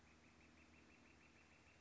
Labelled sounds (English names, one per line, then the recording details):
Northern Flicker
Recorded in Sonoma County, California